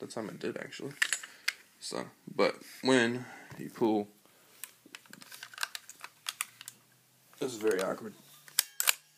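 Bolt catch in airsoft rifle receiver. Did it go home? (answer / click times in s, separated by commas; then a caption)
yes / 8.6 s. Someone talks while working the charging handle of a VFC H&K 416 airsoft rifle, with several light mechanical clicks and rattles in between. At 8.6 s a sharp click is heard as the plastic/metal bolt catch in the receiver engages and locks the bolt back into place.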